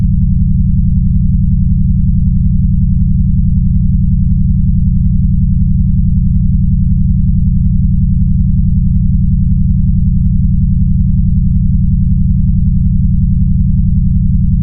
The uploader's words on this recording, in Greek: Asychronously Generated χαμηλούς τόνους συχνότητας. 48 kHz. Low Frequency Speakers Test.